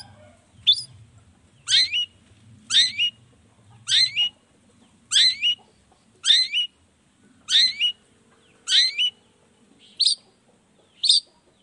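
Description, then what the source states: Long-tailed shrike song of loud, sharp doubled notes sweeping high, repeated about once a second for ten bursts, over a faint low hum. Shrike in full song in the morning, a 'toet toet' sound variation, used to stir lazy, silent shrikes into singing along quickly.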